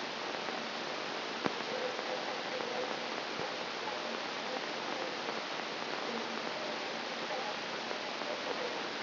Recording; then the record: brain microelectrode recording played as sound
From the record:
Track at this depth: inside the subthalamic nucleus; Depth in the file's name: 0.558 mm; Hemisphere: right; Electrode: 3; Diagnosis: Parkinson's disease